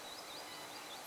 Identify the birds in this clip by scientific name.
Tringa ochropus